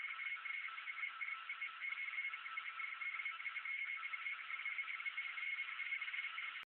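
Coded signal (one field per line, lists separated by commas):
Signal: RTTY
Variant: 75 baud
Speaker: 4908 and they were saying they C this was military signal encrypted RT y traffic military traffic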